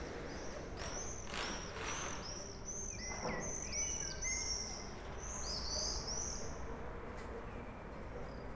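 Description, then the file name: Swifts screaming: several overlapping high, arching shrill calls over a constant hiss of background noise. "martinets"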